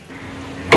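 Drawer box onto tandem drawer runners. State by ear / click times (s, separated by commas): seated / 0.7 s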